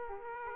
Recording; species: mosquito wingbeat signal from an infrared sensor; Aedes aegypti